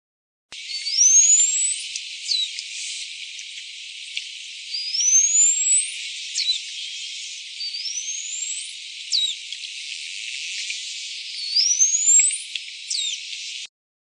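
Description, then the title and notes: Bottlenose dolphin whistles: several rising, upsweeping whistles about every four seconds, each followed by a short descending sweep, over steady hiss. Whistle from a population on the Namibian coastline near Walvis Bay. "Whistle recorded from a bottlenose dolphin population of the Namibian coastline near Walvis Bay. Namibia Dolphin Project"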